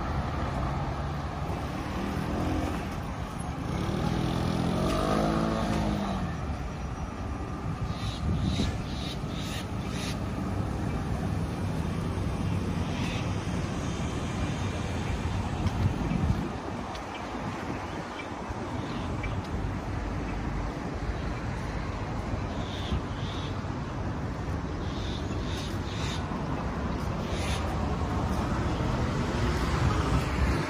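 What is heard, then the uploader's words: A walk through Tel Aviv streets, filled with a constant low rumble of passing traffic. Engine sounds rise and fall, with a brief dip around sixteen seconds, while scattered clicks, faint voices and light clatter come and go throughout. Street Sounds. Walking In Tel Aviv, Israel.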